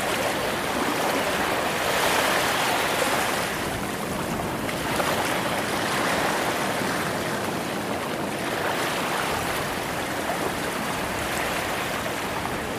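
Ocean waves make a dense, unbroken hiss of rushing water that stays close and steady. The sound swells gently every few seconds, around the two, six and nine second marks, without distinct crashes. The wash is mostly mid and bright, with little low rumble.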